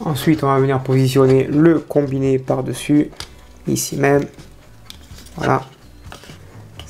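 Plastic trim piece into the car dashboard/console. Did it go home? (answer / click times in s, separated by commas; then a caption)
yes / 6.1 s, 6.8 s. Someone talks while a plastic interior trim piece, the combiné, is positioned over its spot and pressed into the car dashboard/console. Short sharp clicks are heard at 6.1 s and 6.8 s, and the piece snaps into place and fits perfectly.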